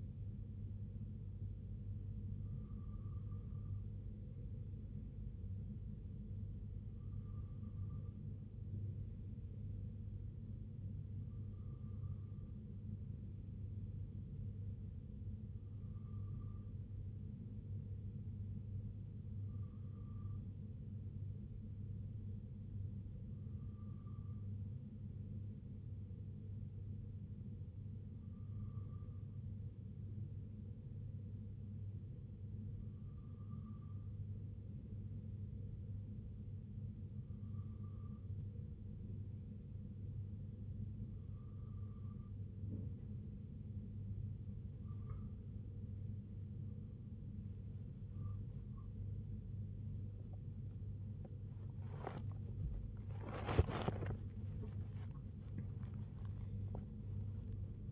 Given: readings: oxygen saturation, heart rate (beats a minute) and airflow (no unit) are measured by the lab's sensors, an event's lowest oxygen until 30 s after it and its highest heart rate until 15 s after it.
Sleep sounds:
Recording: breathing in sleep by a smartphone at the bedside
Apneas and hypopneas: 1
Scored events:
18.00-48.00 s: new sleep stage, N2 (light sleep)
31.00-49.00 s: hypopnea (N2, oxygen 95% highest, then 94% lowest, heart rate 61 at the start, 91 highest)
48.00-57.92 s: new sleep stage, N1 (lightest sleep)
From the record:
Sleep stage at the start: N3 (deep sleep)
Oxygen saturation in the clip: 94 to 95%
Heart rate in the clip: 60 to 88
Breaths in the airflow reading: 12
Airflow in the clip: -7.5 to 6.9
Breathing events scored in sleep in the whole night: 258 in 7.4 hours asleep

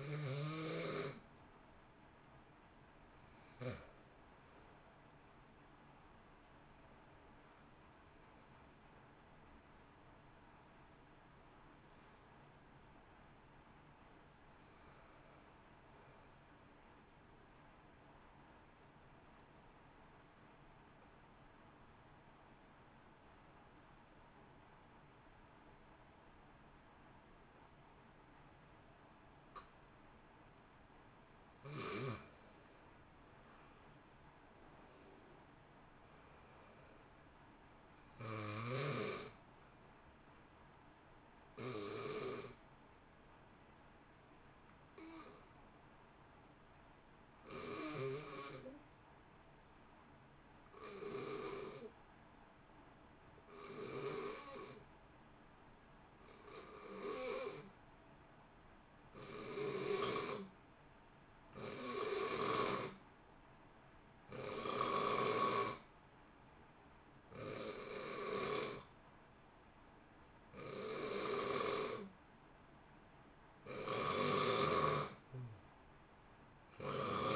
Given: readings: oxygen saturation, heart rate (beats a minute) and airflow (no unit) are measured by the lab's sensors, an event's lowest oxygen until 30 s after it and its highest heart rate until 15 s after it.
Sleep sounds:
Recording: breathing in sleep by a voice recorder at the bedside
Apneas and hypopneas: 2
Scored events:
17.00-33.30 s: hypopnea (N2, oxygen 95% highest, then 87% lowest, heart rate 59 at the start, 66 highest)
47.00-69.70 s: hypopnea (N2, oxygen 93% highest, then 86% lowest, heart rate 56 at the start, 64 highest)
From the record:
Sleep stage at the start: N2 (light sleep)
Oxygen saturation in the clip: 87 to 95%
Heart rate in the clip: 55 to 67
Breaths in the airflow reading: 26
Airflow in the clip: -2.0 to 3.1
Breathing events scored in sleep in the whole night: 328 in 6.3 hours asleep

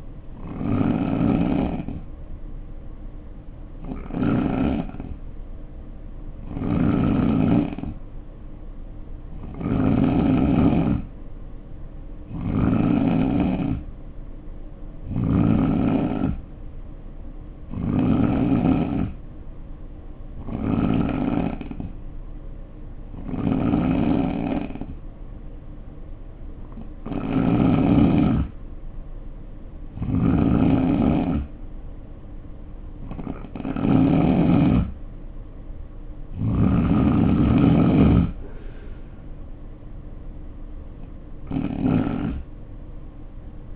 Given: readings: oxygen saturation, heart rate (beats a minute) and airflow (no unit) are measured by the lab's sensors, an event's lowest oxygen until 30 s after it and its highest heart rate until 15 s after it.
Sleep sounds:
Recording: breathing in sleep by a smartphone at the bedside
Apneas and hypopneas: none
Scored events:
7.00-37.00 s: new sleep stage, N2 (light sleep)
37.00-43.76 s: new sleep stage, N3 (deep sleep)
From the record:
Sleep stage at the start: N3 (deep sleep)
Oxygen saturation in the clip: 88 to 90%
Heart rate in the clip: 61 to 68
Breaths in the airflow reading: 14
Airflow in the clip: -4.2 to 4.7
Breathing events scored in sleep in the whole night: 520 in 7.2 hours asleep

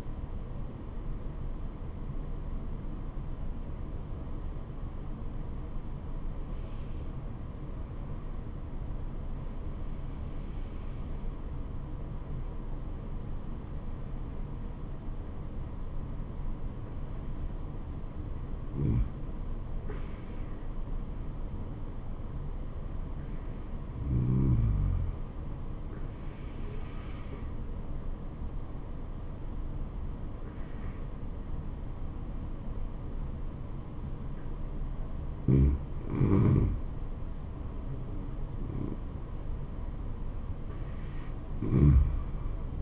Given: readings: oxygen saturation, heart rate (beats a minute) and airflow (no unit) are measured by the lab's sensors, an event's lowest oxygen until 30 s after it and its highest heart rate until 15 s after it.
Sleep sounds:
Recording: breathing in sleep by a smartphone at the bedside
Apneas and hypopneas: 1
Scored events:
6.00-36.00 s: new sleep stage, N1 (lightest sleep)
8.00-36.50 s: hypopnea (N1, oxygen 98% highest, then 92% lowest, heart rate 69 at the start, 80 highest)
36.00-42.82 s: new sleep stage, N2 (light sleep)
From the record:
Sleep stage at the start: N2 (light sleep)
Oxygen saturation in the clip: 88 to 98%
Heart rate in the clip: 68 to 80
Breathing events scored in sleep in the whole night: 426 in 7.4 hours asleep

